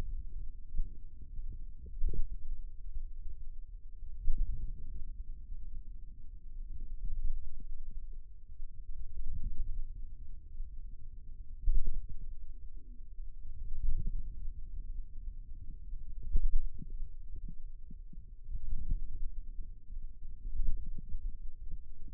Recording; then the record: forearm muscle sounds (acoustic myography)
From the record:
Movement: ulnar deviation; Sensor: system 2, bracelet of six BSWA MPA416 microphones around the upper forearm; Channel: 4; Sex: male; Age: 22 years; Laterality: right